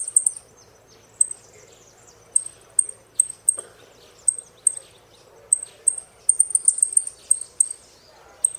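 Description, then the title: Saffron finch giving thin high chip notes at irregular intervals, a brief cluster near the end, over soft low background hiss. "Jilguero Argentino"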